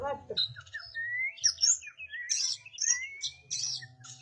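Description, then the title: Oriental magpie-robin song: varied clear whistles, a long rising glide, then scratchy high notes and buzzy trills in a continuous run, with a low hum underneath. "Kacer"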